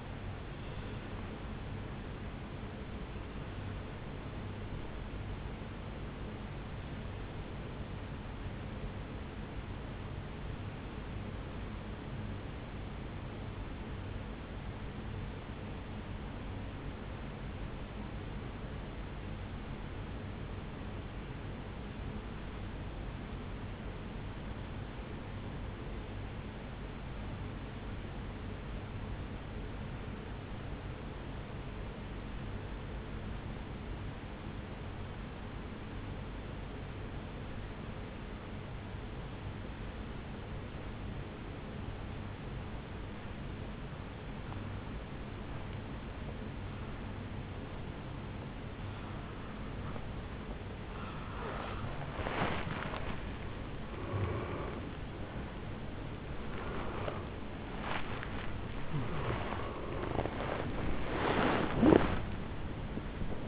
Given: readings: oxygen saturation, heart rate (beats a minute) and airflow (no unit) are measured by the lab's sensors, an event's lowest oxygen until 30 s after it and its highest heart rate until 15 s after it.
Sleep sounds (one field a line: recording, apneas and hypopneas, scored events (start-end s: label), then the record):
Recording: breathing in sleep by a voice recorder at the bedside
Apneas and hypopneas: 1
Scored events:
6.00-51.30 s: obstructive apnea (N1, oxygen 97% highest, then 82% lowest, heart rate 54 at the start, 79 highest)
9.00-63.48 s: new sleep stage, N2 (light sleep)
From the record:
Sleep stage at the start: N1 (lightest sleep)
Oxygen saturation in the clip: 82 to 97%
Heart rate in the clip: 53 to 77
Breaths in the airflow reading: 5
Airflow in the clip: -11.2 to 13.6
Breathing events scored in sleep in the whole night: 449 in 7.0 hours asleep